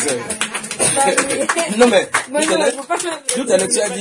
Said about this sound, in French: Applaudissons pour notre sœur.